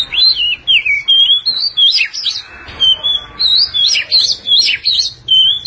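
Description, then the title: Oriental magpie-robin singing rhythmic, ringing whistles that dip and rise, in quick successive phrases. Long-duration song. "Kacer Durasi Panjang"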